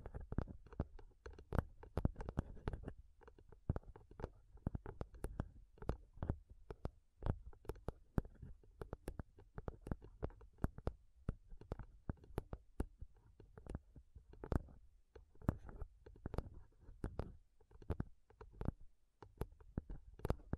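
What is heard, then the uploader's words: Fingernails tap rapidly against a microphone, producing dense, sharp clicks with a deep thump beneath each hit. The tapping runs without pause for the whole stretch, in uneven bursts and flurries rather than a steady beat, full-bodied. ASMR INTENSE MIC TAPPING Sounds Using Nails (no talking).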